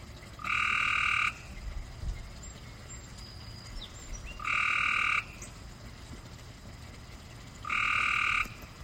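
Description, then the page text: Cope's gray treefrog calling three times, each a rapid, rasping trill lasting nearly a second, repeated roughly every three and a half seconds with quiet gaps between. Maryland, USA. "Maryland Biodiversity. Copes Gray Treefrog ( Hyla chrysoscelis )"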